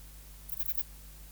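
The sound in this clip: Ephippiger cunii bush-cricket: ephippiger cunii chirp of a few crisp, high, rasping pulses, brief and single, over a steady low hum.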